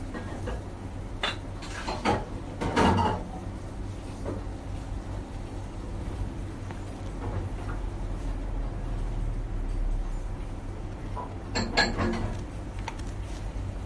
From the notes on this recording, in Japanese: 江ノ電：江ノ島駅→極楽寺駅